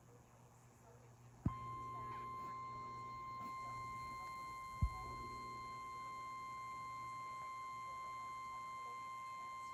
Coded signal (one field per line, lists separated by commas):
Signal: Emergency Alert System (SAME) tones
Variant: 853 and 960 Hz attention tone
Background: speech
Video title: Severe Thunderstorm Warning on WETP-TV (Livestream EAS #16)